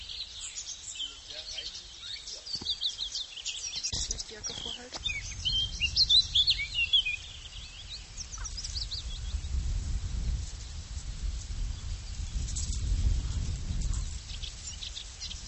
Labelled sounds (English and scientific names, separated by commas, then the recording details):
Eurasian Blackcap (Sylvia atricapilla) song
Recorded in the wild
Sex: male
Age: adult
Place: Linum, Brandenburg, DE
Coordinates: 52.765, 12.87
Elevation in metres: 35
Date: 1999-04-25 16:34
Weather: fair to cloudy, ca. 17°C
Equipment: Sony MD-WM MZ-R3, Sennheiser MKH 416 T, Kopie Uher 4000 Report Monitor
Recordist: Tembrock, Günter